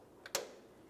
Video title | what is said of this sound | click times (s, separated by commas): How to Install Rear Air Shocks 1999-2006 Chevrolet Silverado 1500 | should be able to hear an audible clip we'll give it a little tug to make sure it's secure as we continue along the side nice | 0.4 s